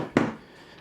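A Phillips hex driver bit is pushed straight into the quick-change chuck of a Milwaukee M12 Fuel impact driver without pulling the collar. A single sharp click is heard at 0.2 s, then quiet. The bit drops right in and seats.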